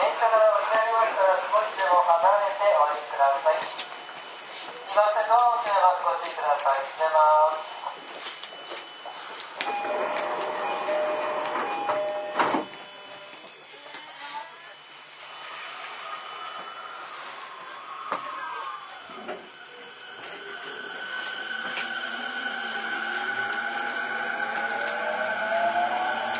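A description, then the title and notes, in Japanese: A Toei 10-300 train ride: chiming announcement tones early, then clunks, a whining motor rising and falling, and a steady rumble building toward the end. 都営10-300形(3次車) 新線新宿〜高尾山口。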